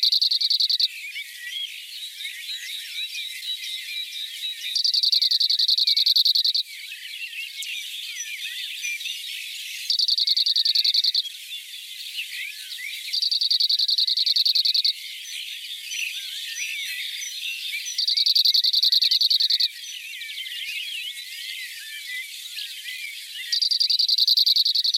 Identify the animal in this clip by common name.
Cirl Bunting